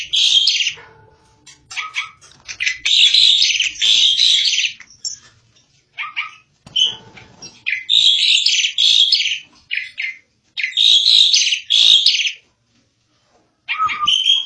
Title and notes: jalak_suren. Kumpulan Bermacam macam Kicauan Burung Masteran